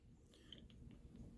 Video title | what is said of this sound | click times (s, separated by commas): BF 1090 - Average Joe Disk Fix & Locking Pin Kit Installation | Let's see, there we go. It just clicked down. | 0.5 s